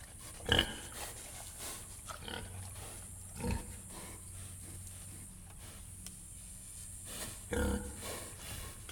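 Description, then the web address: Pig grunts in three short, low, rough bursts spaced a few seconds apart over a steady background hiss. Pigs grunting in a sty in the countryside. "Auf dem Land grunzende schweine im stall"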